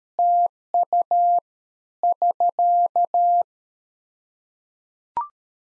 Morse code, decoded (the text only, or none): TU <SK>